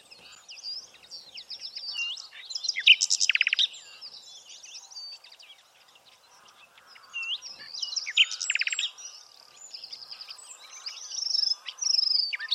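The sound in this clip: Bird calls, a busy mix of high chirps, short whistled notes and buzzy trills, coming in several dense bursts separated by quieter stretches.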